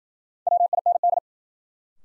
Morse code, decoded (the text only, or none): WIND